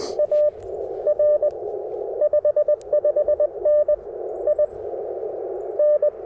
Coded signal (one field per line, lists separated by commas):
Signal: Morse code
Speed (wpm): 21 wpm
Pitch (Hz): 600 Hz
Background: radio noise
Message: AR 55N IN